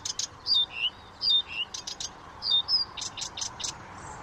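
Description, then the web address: Blyth's reed warbler song with squeaky slurred whistles interleaved with harsh rasping bursts, varied and quickly delivered. "chant didier collin rousserolle des buissons"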